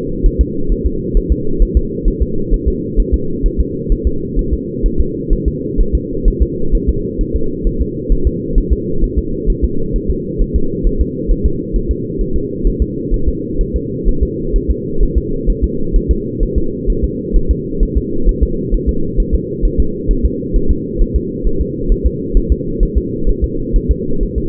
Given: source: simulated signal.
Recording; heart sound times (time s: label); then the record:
fetal heart sounds
0.26 s: S1
0.41 s: S2
0.72 s: S1
0.87 s: S2
1.17 s: S1
1.32 s: S2
1.62 s: S1
1.77 s: S2
2.08 s: S1
2.22 s: S2
2.54 s: S1
2.68 s: S2
3.00 s: S1
3.14 s: S2
3.46 s: S1
3.60 s: S2
3.92 s: S1
4.07 s: S2
4.39 s: S1
4.53 s: S2
4.86 s: S1
5.00 s: S2
5.33 s: S1
5.48 s: S2
5.81 s: S1
5.95 s: S2
6.28 s: S1
6.42 s: S2
6.75 s: S1
6.89 s: S2
7.21 s: S1
7.36 s: S2
7.67 s: S1
7.81 s: S2
8.12 s: S1
8.27 s: S2
8.58 s: S1
8.73 s: S2
9.04 s: S1
9.18 s: S2
9.50 s: S1
9.65 s: S2
9.96 s: S1
10.11 s: S2
10.42 s: S1
10.56 s: S2
10.87 s: S1
11.01 s: S2
11.31 s: S1
11.46 s: S2
11.76 s: S1
11.91 s: S2
12.21 s: S1
12.36 s: S2
12.67 s: S1
12.82 s: S2
13.14 s: S1
13.28 s: S2
13.61 s: S1
13.76 s: S2
14.09 s: S1
14.23 s: S2
14.56 s: S1
14.71 s: S2
15.03 s: S1
15.18 s: S2
15.50 s: S1
15.64 s: S2
15.96 s: S1
16.11 s: S2
16.43 s: S1
16.58 s: S2
16.90 s: S1
17.04 s: S2
17.36 s: S1
17.51 s: S2
17.83 s: S1
17.97 s: S2
18.29 s: S1
18.43 s: S2
18.74 s: S1
18.89 s: S2
19.20 s: S1
19.34 s: S2
19.65 s: S1
19.80 s: S2
20.11 s: S1
20.25 s: S2
20.56 s: S1
20.71 s: S2
21.02 s: S1
21.16 s: S2
21.47 s: S1
21.61 s: S2
21.92 s: S1
22.06 s: S2
22.37 s: S1
22.52 s: S2
22.83 s: S1
22.97 s: S2
23.29 s: S1
23.44 s: S2
23.76 s: S1
23.91 s: S2
24.23 s: S1
24.38 s: S2
From the record:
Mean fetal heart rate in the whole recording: 130 bpm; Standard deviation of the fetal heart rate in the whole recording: 2 bpm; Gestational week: 38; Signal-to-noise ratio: -8.1 dB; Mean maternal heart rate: 72 bpm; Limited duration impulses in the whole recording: absent